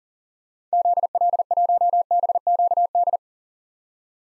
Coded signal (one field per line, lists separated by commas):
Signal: Morse code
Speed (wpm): 40 wpm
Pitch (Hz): 700 Hz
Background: none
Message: ZL1BQD